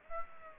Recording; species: mosquito wingbeat signal from an infrared sensor; Aedes aegypti